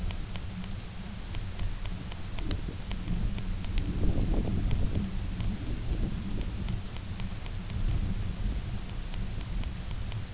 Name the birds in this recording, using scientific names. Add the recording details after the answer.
none. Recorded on Arctic tundra, site UTQI-0, on 20 June 2018. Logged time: 14:00